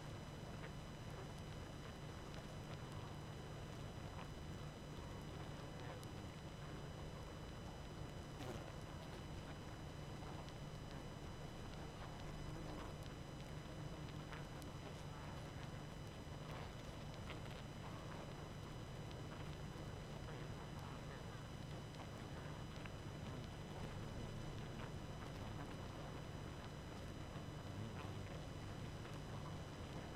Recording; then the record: honeybee colony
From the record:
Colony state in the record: active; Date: 12 June 2018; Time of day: 23:50